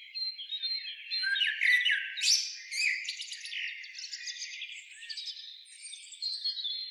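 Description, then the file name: Eurasian blackbird producing a steady stream of high, squeaky, chattering notes with brief louder peaks. "Turdus merula"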